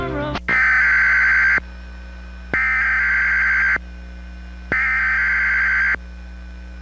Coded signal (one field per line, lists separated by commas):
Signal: Emergency Alert System (SAME) tones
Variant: header bursts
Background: speech